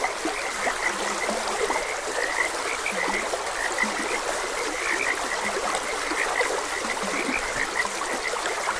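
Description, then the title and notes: Frogs croaking in a thick chorus with occasional lower, longer notes, all over a continuous hiss of running water. Frogs croaking beside a gentle stream. "Gentle Stream and Frogs Croaking. Sleep and Relaxation Podcast"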